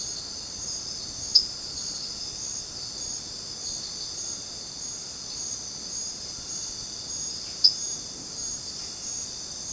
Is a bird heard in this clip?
no